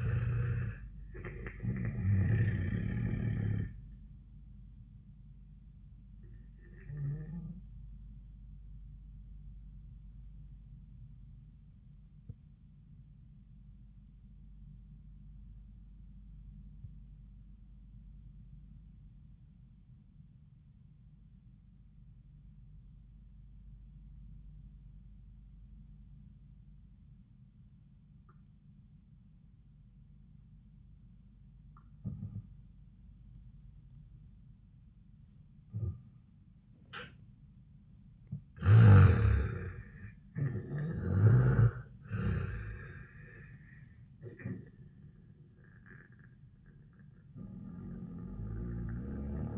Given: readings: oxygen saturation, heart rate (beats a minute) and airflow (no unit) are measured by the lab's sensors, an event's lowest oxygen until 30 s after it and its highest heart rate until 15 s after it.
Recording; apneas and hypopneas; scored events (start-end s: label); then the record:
breathing in sleep by a smartphone at the bedside; 1
8.00-35.70 s: obstructive apnea (N2, oxygen 97% highest, then 80% lowest)
37.00-49.58 s: new sleep stage, N1 (lightest sleep)
From the record:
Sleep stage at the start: N2 (light sleep); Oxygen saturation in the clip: 82 to 97%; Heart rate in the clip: 75 to 85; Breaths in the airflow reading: 5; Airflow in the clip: -12.2 to 7.5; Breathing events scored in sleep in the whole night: 400 in 8.7 hours asleep